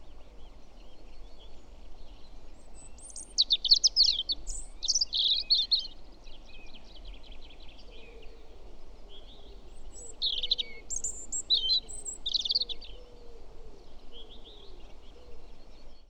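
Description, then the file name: European robin song: high, thin warbling phrases with quick trills and tinkling notes, two louder bursts separated by softer twittering, over a steady low rumble. "Erithacus rubecula"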